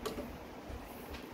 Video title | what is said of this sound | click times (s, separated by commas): How to Build a Mining Rig in 2 hours - Step by step - Windows, Nicehash & MSI Afterburner set up! | put in there that's good so you can see that's in that nice click | 0.1 s